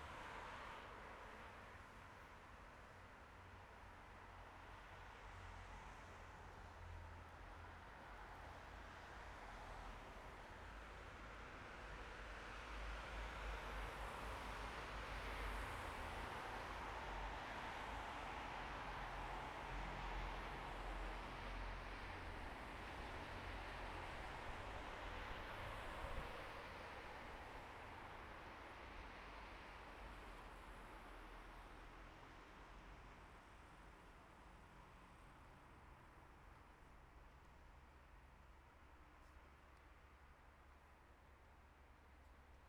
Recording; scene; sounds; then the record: everyday scene through a hearing-aid microphone; in traffic; traffic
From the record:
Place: bus stop on a city main road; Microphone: behind the ear, right, rear